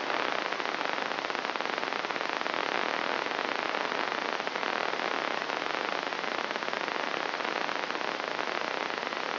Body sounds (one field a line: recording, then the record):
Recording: brain microelectrode recording played as sound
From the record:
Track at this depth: outside the subthalamic nucleus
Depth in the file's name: 0.913 mm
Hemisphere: left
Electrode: 3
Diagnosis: Parkinson's disease